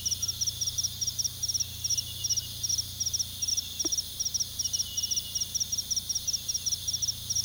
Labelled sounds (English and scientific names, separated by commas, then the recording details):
none
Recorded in pastures near Puerto Asís, Putumayo, Colombia, on 18 February 2024 at 01:30
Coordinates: 0.486, -76.323
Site G6462